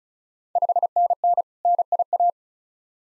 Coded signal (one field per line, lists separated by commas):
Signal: Morse code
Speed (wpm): 34 wpm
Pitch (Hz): 700 Hz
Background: none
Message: 5NN NIA